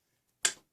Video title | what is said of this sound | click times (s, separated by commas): 86. WEN 10 inch drill press tool review and usage tips | push it in clicks in place so | 0.5 s